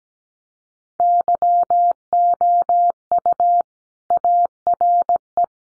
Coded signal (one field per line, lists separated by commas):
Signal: Morse code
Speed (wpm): 17 wpm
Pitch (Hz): 700 Hz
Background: none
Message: YOU ARE